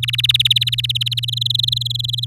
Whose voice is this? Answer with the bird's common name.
Domestic Canary